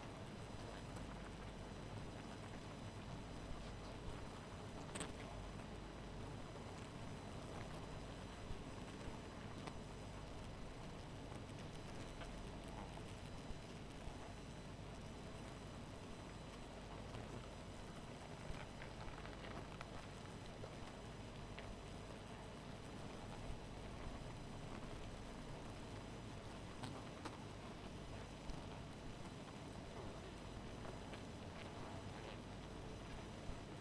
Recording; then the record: honeybee colony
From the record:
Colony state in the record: missing queen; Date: 14 July 2017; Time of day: 2:35